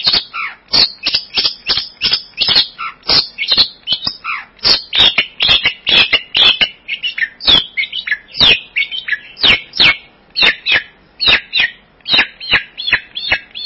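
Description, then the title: Bird song, a fast continuous series of sharp high chirps and chattering notes, sustained throughout without pause. "burung online"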